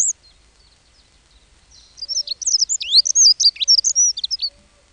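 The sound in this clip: Dunnock song: a hurried, scratchy warble of high jumbled notes starting about two seconds in and running nearly three seconds, with a few scattered notes before it.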